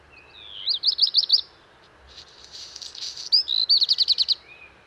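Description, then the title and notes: Black redstart singing one full phrase: a high rapid trill of looping notes, a harsh crackling rustle, then another fast trill. Wild bird, 19 March 2019, Val Maravel, Drôme, France; early morning; first of season; perched atop a large lime tree; crumpled song; parabolic microphone, MKH8020, MixPre-3. "Val Maravel - Drôme. chant du Rouge-queue noir"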